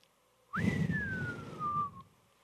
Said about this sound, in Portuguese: E alguns até emitem o som do assovio.